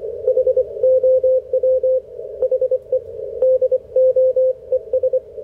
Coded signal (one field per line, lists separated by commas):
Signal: Morse code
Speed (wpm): 26 wpm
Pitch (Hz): 520 Hz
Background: none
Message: HOW HE DOES